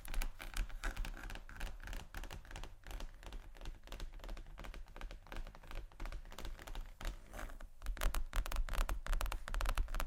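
Quick, irregular taps and light scratches on a leather bag, a dense run of clicks that grows busier and sharper after eight seconds.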